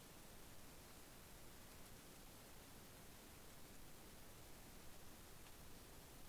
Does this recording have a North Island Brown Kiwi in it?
no